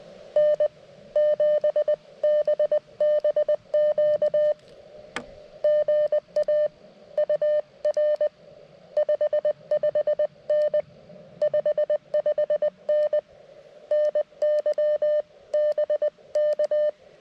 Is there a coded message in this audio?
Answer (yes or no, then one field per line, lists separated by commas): yes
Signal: Morse code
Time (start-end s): 0.4-16.9 s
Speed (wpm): 20 wpm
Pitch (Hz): 600 Hz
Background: none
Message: N7BBQ GA UR 55N 55N NY BK